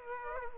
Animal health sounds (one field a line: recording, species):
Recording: mosquito wingbeat signal from an infrared sensor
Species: Aedes aegypti